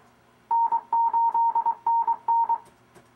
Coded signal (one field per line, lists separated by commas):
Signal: Morse code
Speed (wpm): 23 wpm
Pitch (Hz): 920 Hz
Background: none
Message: N8NN